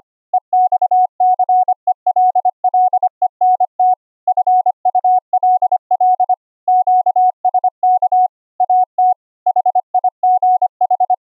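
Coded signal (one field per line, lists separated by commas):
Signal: Morse code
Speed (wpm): 25 wpm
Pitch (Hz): 740 Hz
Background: none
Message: EXCELLENT FULL QSK AT HIGH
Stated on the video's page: CW sidetone from a vintage Heathkit code practice oscillator or 555 timer oscillator, cleaned by a gate and bandpass filter; includes QRQ CW sent over SonoBus.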